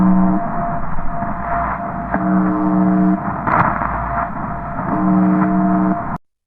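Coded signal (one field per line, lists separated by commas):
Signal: channel marker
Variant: UVB-76 (The Buzzer)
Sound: three harsh low buzzes, each about a second long, repeating through hissing static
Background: radio static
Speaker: estou usando um simples rádio, um Texamp 660, conectado aqui na frequência de 4625 em USB.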